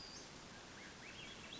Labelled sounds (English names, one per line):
Western Flycatcher